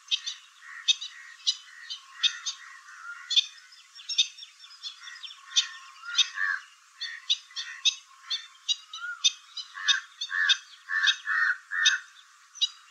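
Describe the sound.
Stilts yapping continuously, sharp harmonic kek notes fired rapidly by several birds, mixed with deeper throaty calls throughout.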